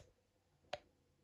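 A pull starter assembly set on the backplate of a nitro RC engine, a Pro .15 from a 1996 Nitro Stampede, is rotated by its starter shaft until it drops into its seat. Against a quiet background, a single sharp click sounds at 0.7 s. The starter is seated.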